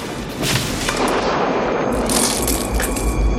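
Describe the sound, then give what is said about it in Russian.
A loud, sustained burst of crackling and splintering as a thick tree branch cracks and crashes down onto a cable, with dense rough noise and a heavy low rumble throughout. “Толстый сук дерева падает на кабель.”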